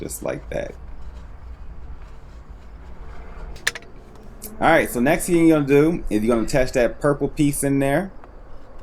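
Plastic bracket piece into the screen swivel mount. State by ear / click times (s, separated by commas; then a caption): not seated / none. During the swivel-mount install behind a car's centre screen, the purple plastic piece of a new bracket is handled while someone talks. A few brief handling noises occur around the middle of the clip, but nothing has seated or clicked into the mount yet.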